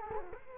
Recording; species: mosquito wingbeat signal from an infrared sensor; Culex quinquefasciatus